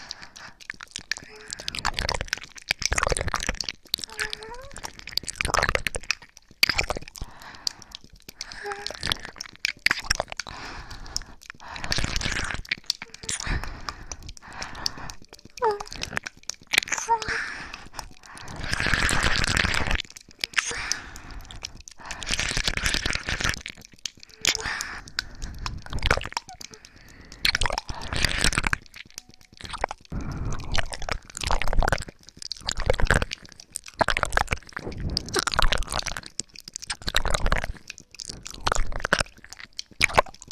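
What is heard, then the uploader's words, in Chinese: Wet ear-licking and mouth sounds come in quick irregular bursts of smacks, clicks and squishy crunches, with a longer wet stretch near 19 seconds. 舔耳+口腔音。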